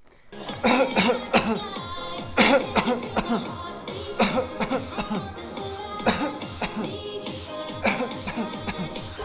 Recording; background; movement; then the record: voluntary coughing; music; sitting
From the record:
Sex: male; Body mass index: 20.6 kg/m2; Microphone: on the chest, facing outward